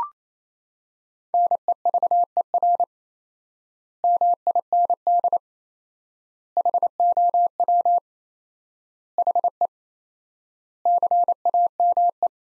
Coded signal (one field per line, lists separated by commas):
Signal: Morse code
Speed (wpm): 28 wpm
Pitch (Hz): 700 Hz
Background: none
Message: NEVER MIND HOW HE CAME